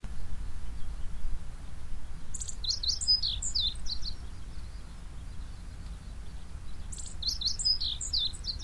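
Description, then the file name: Japanese tit giving two quick clusters of high, scratchy chirps, one early and one near the end, with constant low background hum. "shijyukara"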